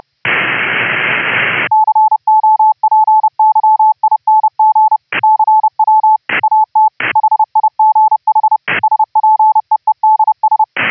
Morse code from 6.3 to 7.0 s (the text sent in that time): AT